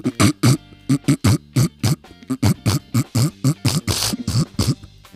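An adult human imitates a dog's reverse sneeze: a series of short, irregular, low-pitched snorting bursts. In animals, reverse sneezing is absolutely normal and, pathologically, indicates nothing.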